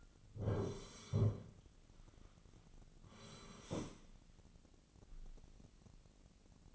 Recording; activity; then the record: daily activity, microphone in the room; sit down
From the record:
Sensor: 4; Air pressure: 1010.0 hPa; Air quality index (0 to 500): 198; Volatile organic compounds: 3 ppm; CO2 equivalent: 1424 ppm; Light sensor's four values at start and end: 38/94/39/42 and 39/94/39/42